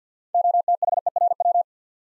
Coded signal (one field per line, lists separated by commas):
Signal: Morse code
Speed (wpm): 50 wpm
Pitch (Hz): 700 Hz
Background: none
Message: OTHERW